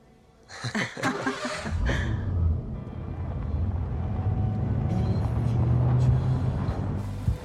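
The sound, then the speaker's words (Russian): A car engine rumbles low and steady as the vehicle pulls into a yard, its hum swelling slightly over several seconds after a few brief bursts of noise at the start. “Машина приехала во двор.”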